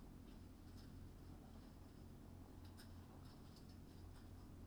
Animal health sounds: poultry house recording; healthy chickens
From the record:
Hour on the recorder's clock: 21

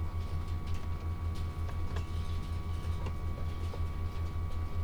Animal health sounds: poultry house recording; no chicken sound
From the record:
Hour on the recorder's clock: 15

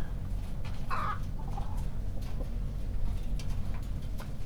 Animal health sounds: poultry house recording; sick chickens (respiratory disease)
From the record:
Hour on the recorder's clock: 21

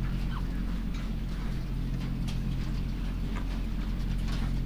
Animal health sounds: poultry house recording; sick chickens (respiratory disease)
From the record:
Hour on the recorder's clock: 21

